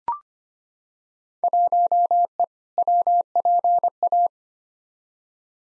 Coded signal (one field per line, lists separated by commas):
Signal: Morse code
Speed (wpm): 25 wpm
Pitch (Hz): 700 Hz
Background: none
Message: 1E WPA